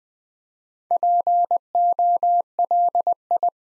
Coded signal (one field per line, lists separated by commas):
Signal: Morse code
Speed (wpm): 20 wpm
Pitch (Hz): 700 Hz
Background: none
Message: POLI